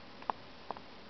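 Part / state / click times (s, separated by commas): RAM module into motherboard memory slot / seated / 0.3 s, 0.7 s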